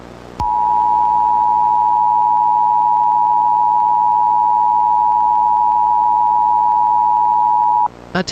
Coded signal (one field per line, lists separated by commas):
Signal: Emergency Alert System (SAME) tones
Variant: 853 and 960 Hz attention tone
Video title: Bird Television EAS SOUNDS history (1991-2024)